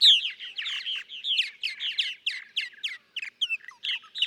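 Purple martin song of throaty, gurgled chirps and harsh croaking notes delivered rapidly in a continuous sequence.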